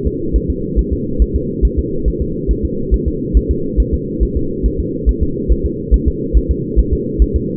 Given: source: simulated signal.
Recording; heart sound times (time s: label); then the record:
fetal heart sounds
0.07 s: S2
0.36 s: S1
0.50 s: S2
0.79 s: S1
0.93 s: S2
1.22 s: S1
1.36 s: S2
1.65 s: S1
1.79 s: S2
2.08 s: S1
2.22 s: S2
2.51 s: S1
2.65 s: S2
2.94 s: S1
3.08 s: S2
3.37 s: S1
3.51 s: S2
3.80 s: S1
3.94 s: S2
4.23 s: S1
4.37 s: S2
4.66 s: S1
4.80 s: S2
5.09 s: S1
5.23 s: S2
5.52 s: S1
5.66 s: S2
5.94 s: S1
6.08 s: S2
6.37 s: S1
6.51 s: S2
6.79 s: S1
6.93 s: S2
7.22 s: S1
7.36 s: S2
From the record:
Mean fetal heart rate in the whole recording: 140 bpm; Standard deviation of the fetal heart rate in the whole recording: 2 bpm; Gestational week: 34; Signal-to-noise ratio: -6.6 dB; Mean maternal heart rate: 72 bpm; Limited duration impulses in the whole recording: present